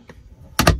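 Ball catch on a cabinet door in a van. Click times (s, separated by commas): 0.6 s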